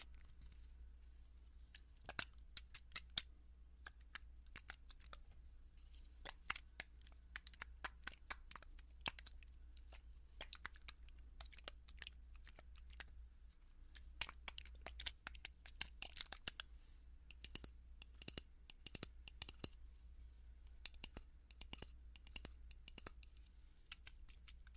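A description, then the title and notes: Ear cleaning and touching with a brush: dense, irregular bursts of crisp scratching and rustling clicks run through the whole clip, some sharper and brighter than others. Beneath them sits a steady low hum, and quieter faint crackles fill the gaps. Ear cleaning ear touching sound.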